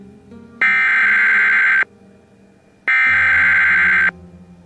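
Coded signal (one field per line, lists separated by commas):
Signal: Emergency Alert System (SAME) tones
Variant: header bursts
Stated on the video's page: Compilation of real alerts: tornado emergency, tsunami warning, AMBER alert and a ballistic missile alert.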